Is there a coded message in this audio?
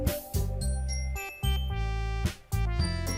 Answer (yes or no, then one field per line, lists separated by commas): no